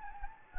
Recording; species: mosquito wingbeat signal from an infrared sensor; Anopheles gambiae